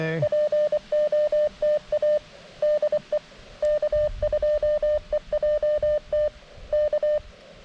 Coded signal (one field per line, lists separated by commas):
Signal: Morse code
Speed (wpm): 25 wpm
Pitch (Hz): 600 Hz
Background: none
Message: POTA DE K2EJT K